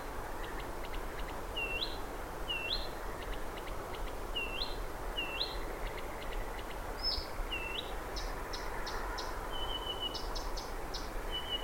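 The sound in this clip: Blyth's Reed Warbler song: a string of clicky ticks and curled whistled notes repeated steadily, then thin trills and higher chips, with persistent background hiss.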